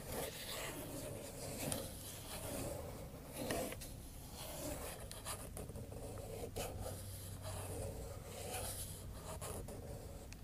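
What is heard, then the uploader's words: Continuous scratching and rubbing fills the whole ten seconds, a dense rasping texture like nails or a brush drawn over a wooden surface. Brief sharper strokes stand out near two, three and a half, and six to seven seconds, over a faint low hum. Scratching & Tapping ASMR.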